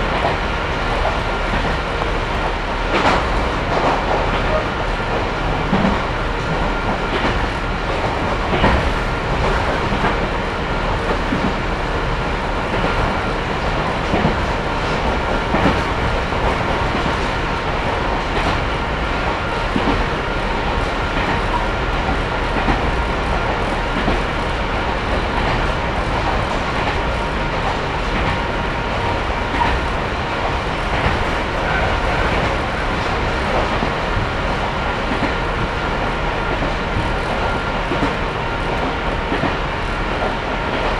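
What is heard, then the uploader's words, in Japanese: Recorded aboard a moving train, a steady, dense rumble of wheels and motor fills the whole stretch at an even level. Faint rail-joint clicks tap through now and then, over a constant mid-pitched whine from the running gear. 三岐鉄道三岐線 西藤原→北勢中央公園口。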